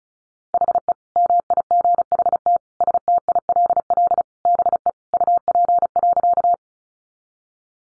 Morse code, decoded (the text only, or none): HE MIGHT STILL BE UP.